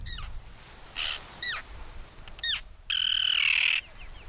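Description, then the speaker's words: Common Tern calls: a few short, harsh downslurred notes, then one long grating rasp near the end, over steady background noise. Call to be broadcast to draw common terns to new nesting areas on the breakwalls in Lake Erie. "This is the sound of a common tern."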